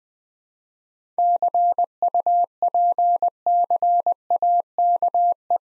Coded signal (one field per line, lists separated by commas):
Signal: Morse code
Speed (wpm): 20 wpm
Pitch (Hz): 700 Hz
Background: none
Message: CUPCAKE